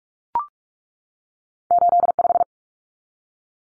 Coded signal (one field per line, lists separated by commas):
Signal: Morse code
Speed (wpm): 44 wpm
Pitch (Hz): 700 Hz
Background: none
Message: 85